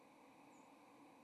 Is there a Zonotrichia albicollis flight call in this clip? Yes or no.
yes